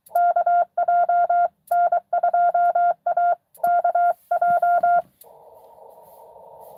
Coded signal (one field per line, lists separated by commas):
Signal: Morse code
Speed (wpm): 23 wpm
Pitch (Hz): 700 Hz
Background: none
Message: KJ N2AKJ